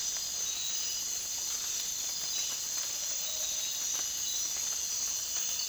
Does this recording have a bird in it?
no